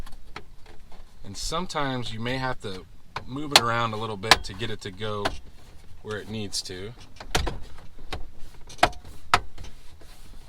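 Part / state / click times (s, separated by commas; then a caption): radio bezel into car dashboard / seated / 8.8 s, 9.3 s. A plastic radio bezel is pressed back into the dashboard of a Buick Lucerne after the radio screws are tightened, snapping back in the same way it came out and sometimes needing to be moved around to seat. Someone talks over light handling and shuffling sounds, then two loud snaps ring out at 8.8 s and 9.3 s. The bezel is seated.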